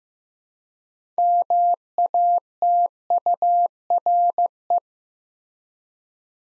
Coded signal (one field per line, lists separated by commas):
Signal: Morse code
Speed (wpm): 15 wpm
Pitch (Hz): 700 Hz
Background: none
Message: MATURE